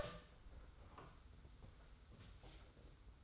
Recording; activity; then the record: daily activity, microphone in the room; open door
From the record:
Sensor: 3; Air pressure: 991.5 hPa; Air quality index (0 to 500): 150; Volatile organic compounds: 532 ppm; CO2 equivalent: 4861 ppm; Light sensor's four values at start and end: 45/126/51/45 and 45/126/51/45